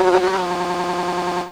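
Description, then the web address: Bumblebee buzz, a steady low droning hum with a slightly wavering pitch, held for about one and a half seconds before it fades out. "Fairlight CMI IIe 23 Animals Bumble"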